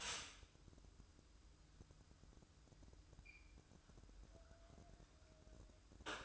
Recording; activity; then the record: daily activity, microphone in the room; stop toaster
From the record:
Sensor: 2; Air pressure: 1006.9 hPa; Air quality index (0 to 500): 42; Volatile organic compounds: 1 ppm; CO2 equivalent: 548 ppm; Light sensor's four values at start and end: 6/15/6/6 and 6/15/6/6